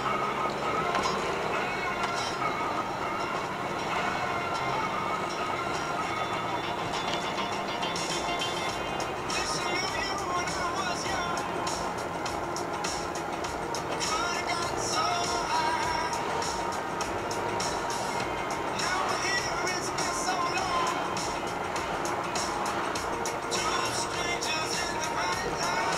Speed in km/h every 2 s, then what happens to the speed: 37, 40, 40, 40, 38, 38, 38, 39, 40, 42, 39, 37, 38.
0-26 steady at about 39.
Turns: none.